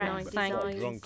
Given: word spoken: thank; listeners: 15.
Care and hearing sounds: one English word in noise, from a listening test; four-talker babble; -1.1 dB; 2 of 15; 7 of 15; 0.66 s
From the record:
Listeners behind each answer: 7, 2, 2, 2, 1, 1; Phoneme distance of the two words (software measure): 10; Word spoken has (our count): 1 syllable, 4 phonemes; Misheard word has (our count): 1 syllable, 4 phonemes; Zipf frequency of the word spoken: 5.87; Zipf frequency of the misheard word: 5.28

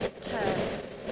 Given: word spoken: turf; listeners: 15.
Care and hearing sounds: one English word in noise, from a listening test; noise modulated by three-talker babble; -5.9 dB; 2 of 15; 10 of 15; 0.72 s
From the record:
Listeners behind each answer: 10, 2, 1, 1, 1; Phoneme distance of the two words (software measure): 10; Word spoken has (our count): 1 syllable, 3 phonemes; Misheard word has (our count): 1 syllable, 3 phonemes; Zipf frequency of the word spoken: 3.80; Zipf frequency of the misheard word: 5.45

